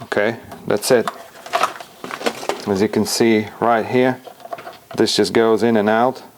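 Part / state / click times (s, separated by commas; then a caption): plastic valve piece into vacuum hose valve housing / not seated / none. A plastic valve piece is handled at the hose valve housing of a Dyson DC40 vacuum, moved in and out while someone talks, with a few light taps and clicks of handling. Nothing has seated or clicked yet; the part is not yet pushed home.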